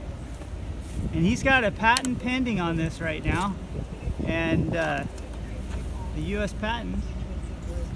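A Jeep Wrangler hard top panel on an aftermarket hinge kit is being handled into the Jeep roof frame while someone talks over a steady low rumble. Nothing has seated or clicked yet; the panel has not snapped into place by the end of the clip.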